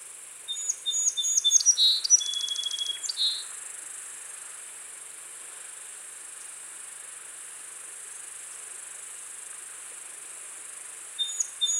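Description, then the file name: Song sparrow song: a single phrase of whistled notes and a rapid trill near the start, followed by long stretches of steady high hiss, with the song faintly resuming at the end. "Melospiza melodia - Song Sparrow"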